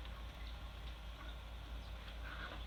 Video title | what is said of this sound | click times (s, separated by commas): Slingshot band slots tutorial - Braindeef | that didn't click but yeah it's all the way in | none